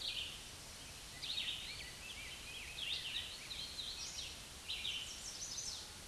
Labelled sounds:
Red-eyed Vireo song
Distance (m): 20 m
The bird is about 15 m above the microphone
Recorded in a Pennsylvania forest on 16 May 2024 at 08:35
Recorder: AudioMoth, point MSD-0192
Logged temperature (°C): 16.0 °C
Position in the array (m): 157 m, 67 m

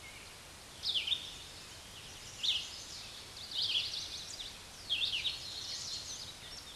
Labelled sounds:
Red-eyed Vireo song
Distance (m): 25 m
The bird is about 25 m above the microphone
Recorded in a Pennsylvania forest on 16 May 2024 at 06:34
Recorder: AudioMoth, point MSD-2258
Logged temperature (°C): 15.2 °C
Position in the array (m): 164 m, 71 m

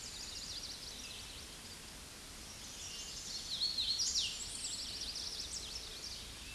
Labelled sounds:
Hooded Warbler song
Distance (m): 20 m
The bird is about 15 m above the microphone
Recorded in a Pennsylvania forest on 16 May 2024 at 08:07
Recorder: AudioMoth, point MSD-0079
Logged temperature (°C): 16.1 °C
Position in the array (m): 172 m, 86 m

